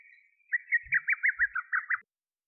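Lesser Cuckoo call: a rapid, staccato series of about nine sharp whistled notes, each rising and falling, delivered in under two seconds, with faint low thumps.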